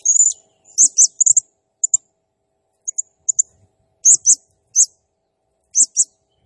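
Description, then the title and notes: Blue-crowned hanging parrot calling with high, sharp chirps in pairs and triplets, irregularly spaced, after an opening buzzy squeal; faint low knocks in the background. Calling vigorously (gacor, 'nembak'); used as a masteran training sound and lure, said to provoke all other birds. "Burung Serindit Nembak Gacor Bikin Emosi Semua Burung. Suara Nasteran Dan Pemikat Burung Serinditan Gacor"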